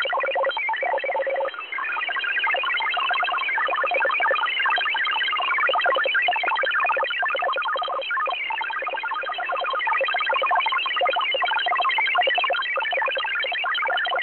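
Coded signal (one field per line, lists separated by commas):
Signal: multi-tone FSK (Olivia or MFSK type)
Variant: XPB 16-tone MFSK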